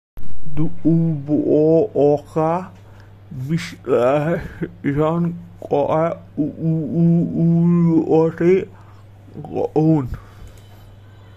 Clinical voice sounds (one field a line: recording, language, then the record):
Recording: elicited speech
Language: Bengali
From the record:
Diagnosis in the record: Broca's or global aphasia after a stroke